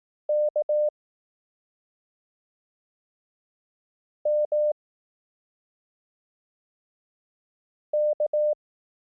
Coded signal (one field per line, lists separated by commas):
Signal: Morse code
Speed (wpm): 18 wpm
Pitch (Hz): 600 Hz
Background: none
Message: K M K